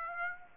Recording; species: mosquito wingbeat signal from an infrared sensor; Aedes aegypti